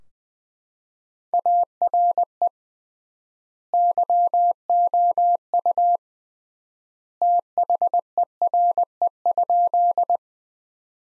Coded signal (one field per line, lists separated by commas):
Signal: Morse code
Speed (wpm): 20 wpm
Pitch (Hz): 700 Hz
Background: none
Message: ARE YOU THERE?